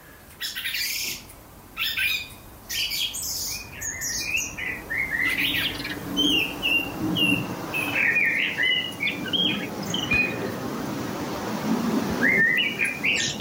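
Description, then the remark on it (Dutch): A blackbird sings a rambling, unfinished subsong: scattered fluty whistles and squeaky twittering notes in short, irregular bursts over a soft hiss, with no voices. “Dat lat ligt nog niet al te hoog, maar je hoort er al wel een merel in.”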